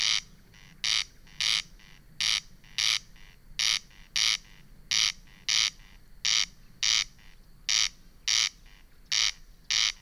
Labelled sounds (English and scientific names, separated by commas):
Corn Crake (Crex crex)